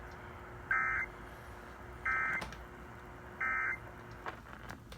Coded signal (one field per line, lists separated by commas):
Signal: Emergency Alert System (SAME) tones